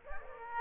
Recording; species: mosquito wingbeat signal from an infrared sensor; Aedes aegypti